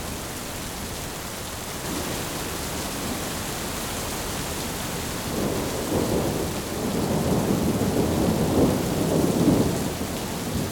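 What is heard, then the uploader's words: Gentle rain hisses steadily through a thunderstorm, a soft, even patter across the whole clip. From about five seconds on, deep rolling thunder swells in two long rumbles, the second peaking near nine to ten seconds before easing back toward the rain. Thunderstorm with gentle rain sound.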